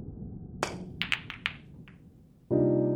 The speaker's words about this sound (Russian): Он разбил пирамиду, закатив в лузу сразу 2 шара.